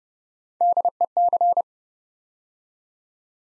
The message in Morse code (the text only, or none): DEC